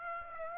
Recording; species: mosquito wingbeat signal from an infrared sensor; Aedes aegypti